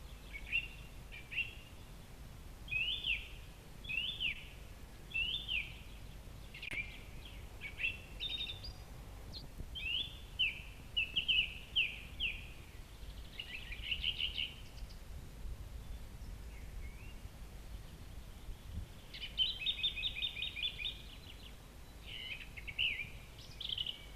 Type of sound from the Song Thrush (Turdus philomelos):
song